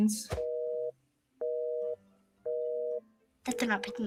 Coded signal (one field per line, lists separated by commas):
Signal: telephone call progress tone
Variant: North America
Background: speech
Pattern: busy tone